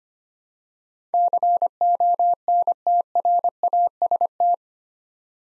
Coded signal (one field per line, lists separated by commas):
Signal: Morse code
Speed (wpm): 25 wpm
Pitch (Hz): 700 Hz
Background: none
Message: CONTRAST